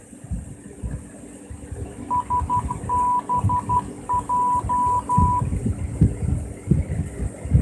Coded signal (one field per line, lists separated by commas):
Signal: Morse code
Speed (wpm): 12 wpm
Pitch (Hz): 990 Hz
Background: none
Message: SBJ